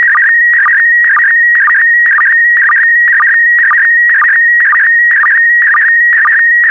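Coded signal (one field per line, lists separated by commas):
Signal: SSTV (slow-scan television)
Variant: PD120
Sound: steady high whistle-like tone with short chirpy warbles and low blips about twice a second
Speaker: Five, four, three, two, one. Thank you. Transmission complete.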